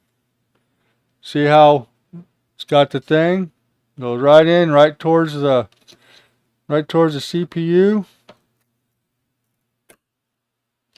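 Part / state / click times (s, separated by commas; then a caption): RAM module into motherboard DIMM slot / seated / 9.9 s, 11.0 s. Someone talks while a RAM memory module is pressed down into a motherboard DIMM slot until the plastic retention latches snap shut. Sharp clicks are heard at 9.9 s and 11.0 s as the stick seats in the slot.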